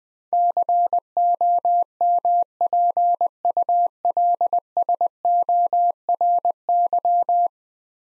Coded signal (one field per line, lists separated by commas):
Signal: Morse code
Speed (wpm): 20 wpm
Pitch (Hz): 700 Hz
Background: none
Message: COMPULSORY